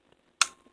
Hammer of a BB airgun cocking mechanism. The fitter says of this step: hear that click and a lot of people probably let go after that point thinking that they've loaded it but